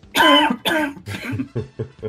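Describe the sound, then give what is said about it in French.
A person coughs: two loud, harsh, rasping coughs followed by a quicker string of four softer, lower coughs that trail off, with no talking. “J'entends tousser.”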